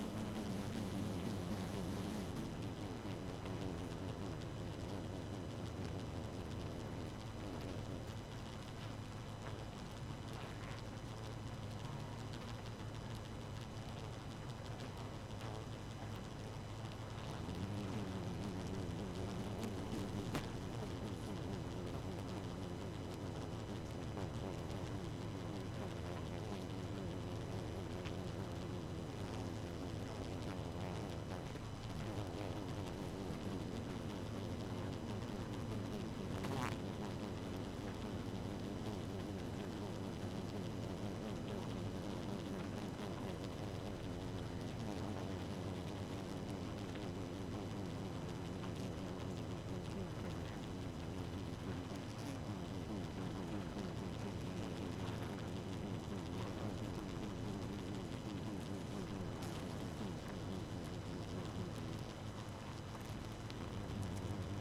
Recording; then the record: honeybee colony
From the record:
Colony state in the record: active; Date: 12 June 2018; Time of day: 1:26